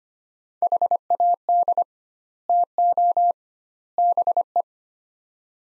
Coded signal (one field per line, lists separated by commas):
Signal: Morse code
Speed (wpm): 25 wpm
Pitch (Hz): 700 Hz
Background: none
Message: HAD TO BE